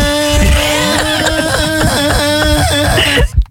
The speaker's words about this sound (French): Tu vas voir, il vient en scooter, il arrive. Là.